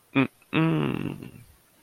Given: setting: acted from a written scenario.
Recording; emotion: vocal sound without words; neutral